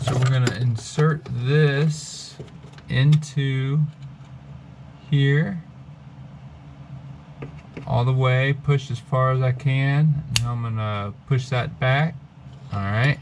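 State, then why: Not seated. A wire terminal for a relay's voltage input, part of an electric water pump upgrade on a Prelude, is pushed as far as it will go into a connector housing while someone talks, with a brief faint tap near 7.4 s. The terminal does not catch, and nothing has seated or clicked yet.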